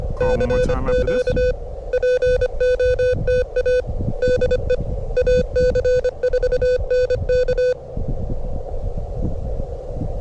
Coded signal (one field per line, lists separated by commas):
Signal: Morse code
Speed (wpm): 24 wpm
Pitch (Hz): 500 Hz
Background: none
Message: CQ POTA DE AC4NK